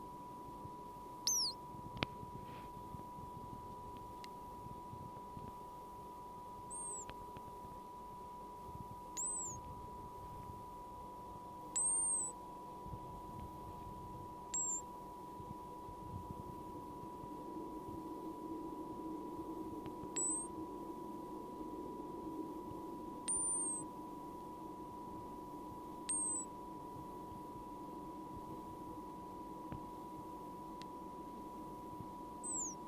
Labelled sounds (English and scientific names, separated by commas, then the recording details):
Hazel Dormouse (Muscardinus avellanarius)
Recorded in captivity
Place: Zoologisches Institut der HUB, Berlin, DE
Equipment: R 20/2
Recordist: TSA
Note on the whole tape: Laute bei künstlicher Unterbrechung bzw. Störung des Winterschlafes (im Terrarium). Wahrscheinlich im Winter 1968/69